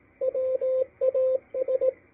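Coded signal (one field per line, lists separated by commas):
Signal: Morse code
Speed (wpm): 18 wpm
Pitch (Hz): 520 Hz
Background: radio noise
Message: WAS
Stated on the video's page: CW received on a Malahiteam DSP-2 SDR receiver.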